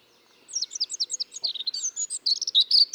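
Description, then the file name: Eurasian blackcap song: a rapid, bright warbling of high twittering notes, continuous and varied for about two and a half seconds. "Sylvia atricapilla"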